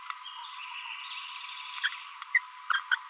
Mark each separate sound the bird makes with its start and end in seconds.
1.84-1.88, 2.35-2.38, 2.70-2.80, 2.92-2.95